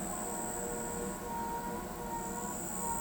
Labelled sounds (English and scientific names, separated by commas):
none